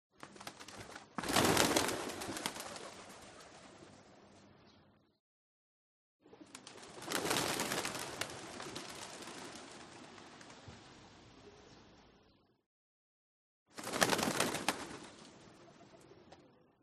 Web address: una bandada de palomas se estremece y levanta el vuelo silenciosamente